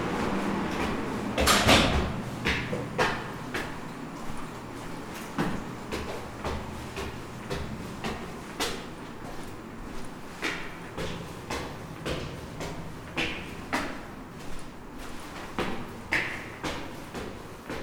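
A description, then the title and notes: Inside an office building, a steady low hum runs underneath frequent sharp clicks and knocks, like doors, drawers or cupboards opening and closing. The loudest bang comes near the start; after that, lighter taps arrive irregularly, every second or so. A tall glass building at 150 Elgin. I like to spend time exploring the sounds of my workplace : it’s hums, clicks, resonances, voices, drones, rhythms, patterns, etc. This recording explores the spaces where people enter and exit the building.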